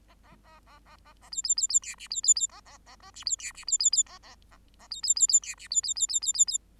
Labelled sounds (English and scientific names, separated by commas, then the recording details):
Bengalese Finch (Lonchura striata domestica) song
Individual Bird8